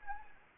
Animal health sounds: mosquito wingbeat signal from an infrared sensor; Anopheles gambiae

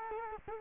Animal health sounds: mosquito wingbeat signal from an infrared sensor; Culex quinquefasciatus

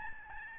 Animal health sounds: mosquito wingbeat signal from an infrared sensor; Aedes albopictus

